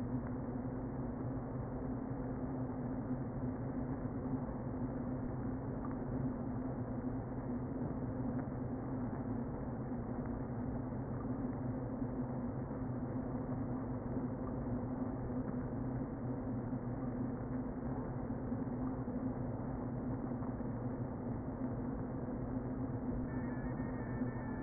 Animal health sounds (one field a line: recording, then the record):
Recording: honeybee colony, microphone inside the hive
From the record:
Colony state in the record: queen present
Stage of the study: before two queens were removed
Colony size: about 60,000 bees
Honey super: yes